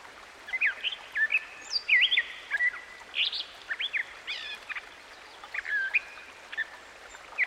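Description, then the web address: Gray catbird song of varied slurred whistles and scratchy chips in short phrases separated by brief pauses, with a gentle steady hiss underneath. Song recorded by a stream. "Dan Gibson Songbirds By The Stream. Gray Catbird"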